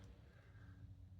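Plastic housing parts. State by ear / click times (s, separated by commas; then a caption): not seated / none. A second printed plastic housing half is pushed in and slid along the joystick sensor assembly toward the magnet and sensor boards, with only faint handling noise over a low, steady hum. Nothing has seated or clicked yet.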